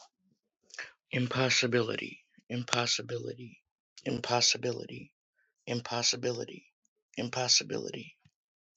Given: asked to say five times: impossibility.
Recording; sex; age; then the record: repeated word; male; 40 to 49 years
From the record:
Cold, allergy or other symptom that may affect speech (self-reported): no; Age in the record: 40 years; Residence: Wisconsin, United States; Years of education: 13